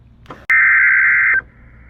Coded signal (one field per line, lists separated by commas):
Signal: Emergency Alert System (SAME) tones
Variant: header bursts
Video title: Not so slight EAS alerts from December 17 and 18. (EAS# 608 618)